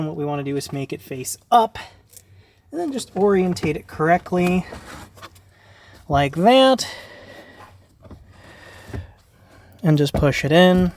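Someone talks while a new cabin air filter for a 2010–2015 Chevrolet Volt is turned face up, oriented and lined up at the opening of the HVAC filter housing behind the glovebox access door, with no tools needed. A few small handling knocks are heard before it is pushed in. Nothing has seated or clicked yet.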